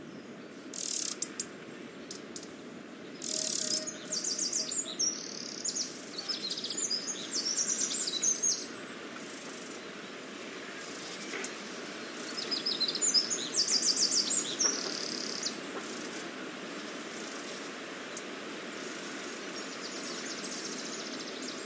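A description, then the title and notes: Spring birdsong: bright, high chirps and trills come in bursts near 1, 3.5, 7 and 13 seconds over a steady low outdoor hum. SPRINGTIME IN PORTUGAL. The sounds of Spring.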